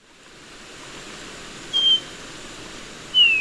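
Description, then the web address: Bronze-green euphonia giving two thin high whistled notes about one and a half seconds apart, the second gently falling, against faint background hiss. Recorded in Ecuador. "Natures Songs S America Birds of Ecuador Bronze-green Euphonia"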